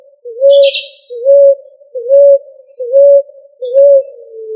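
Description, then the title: Pigeon cooing: five low, even coos, each rising slightly then holding, at a steady pace, with faint higher chirps. "LuckyFamilia ColumbidaePombaSama"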